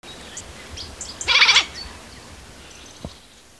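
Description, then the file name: Eurasian jay giving a single short, raspy screech, with soft high chirps and a brief low knock near the end. "Garrulus glandarius"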